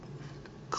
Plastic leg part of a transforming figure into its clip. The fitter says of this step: clip those into place